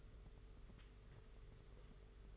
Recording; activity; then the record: daily activity, microphone in the room; take from stove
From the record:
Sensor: 4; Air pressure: 991.8 hPa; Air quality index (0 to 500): 86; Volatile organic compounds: 7 ppm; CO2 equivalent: 1966 ppm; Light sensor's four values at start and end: 22/75/27/29 and 21/75/27/29